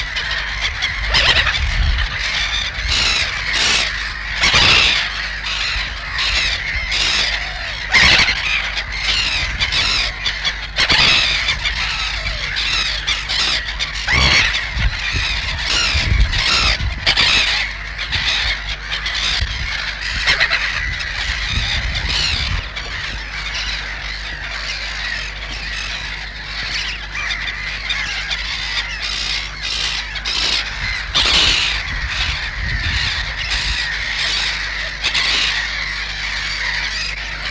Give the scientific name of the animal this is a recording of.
Chroicocephalus ridibundus